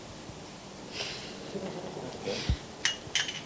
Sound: sound of karatālas; laughter

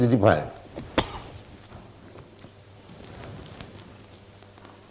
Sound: coughs

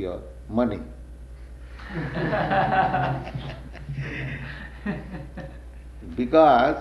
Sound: laughter

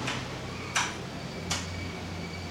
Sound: flicking of switches

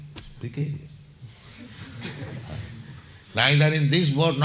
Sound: laughter

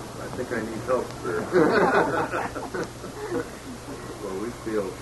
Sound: laughter

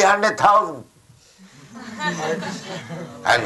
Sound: laughter

